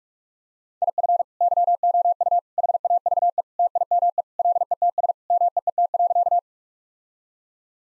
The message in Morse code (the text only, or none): IF YOU HAVE TIME LETS MEET.